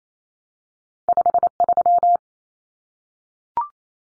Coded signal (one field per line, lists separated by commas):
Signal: Morse code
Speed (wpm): 28 wpm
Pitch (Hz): 700 Hz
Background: none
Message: 53